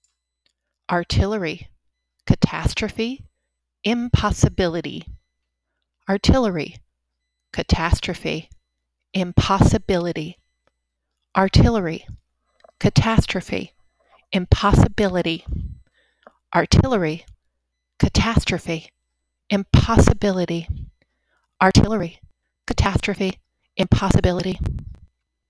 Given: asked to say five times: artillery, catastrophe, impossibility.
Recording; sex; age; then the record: three words, each repeated; female; 40 to 49 years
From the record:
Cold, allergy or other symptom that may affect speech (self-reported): no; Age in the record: 48 years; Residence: Minnesota, United States